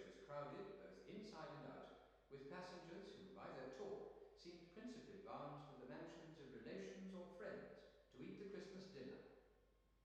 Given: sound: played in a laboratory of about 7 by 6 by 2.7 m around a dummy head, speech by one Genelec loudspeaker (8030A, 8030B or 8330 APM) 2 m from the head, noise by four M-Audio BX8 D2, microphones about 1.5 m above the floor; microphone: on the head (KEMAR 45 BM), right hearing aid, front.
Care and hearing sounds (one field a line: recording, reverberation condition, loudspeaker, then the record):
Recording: male speech in English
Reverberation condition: high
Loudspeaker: 90 degrees to the left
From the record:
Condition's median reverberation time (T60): about 1300 ms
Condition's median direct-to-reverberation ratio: about -4.0 dB